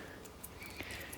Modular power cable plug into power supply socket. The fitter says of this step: a nice click